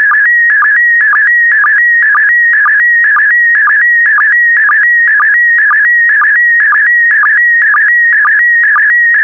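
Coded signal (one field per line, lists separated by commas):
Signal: SSTV (slow-scan television)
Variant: PD120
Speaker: Five, four, three, two, one. Thank you. Transmission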